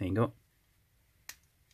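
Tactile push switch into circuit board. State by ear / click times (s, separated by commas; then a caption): seated / 1.3 s. A tactile push switch is pressed into a circuit board and snaps into place with a sharp click at 1.3 s, confirming it is seated. Someone talks briefly at the start, and a faint second tick follows at about 1.7 s.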